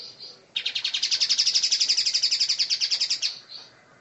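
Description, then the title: Oriental magpie-robin song: one fast, even trill of many sharp pulsed notes lasting nearly three seconds, high-pitched and buzzy, with faint hiss around it. "Kicau Kacer"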